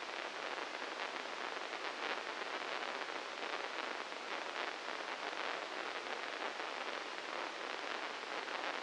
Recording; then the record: brain microelectrode recording played as sound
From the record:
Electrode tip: inside the subthalamic nucleus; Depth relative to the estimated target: -2 mm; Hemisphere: right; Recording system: NeuroSet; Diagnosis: Parkinson's disease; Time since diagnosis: 15 years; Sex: female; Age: 59 years